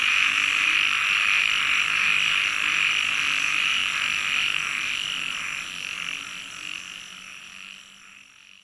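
A frog chorus of many overlapping high, rapid trills that holds steady for several seconds, then gradually fades away toward the end.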